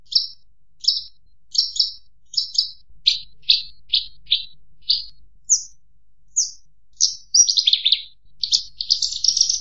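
Javan bush lark song: short high chirps and buzzy notes in separate bursts, growing into a dense rapid jumble of notes near the end.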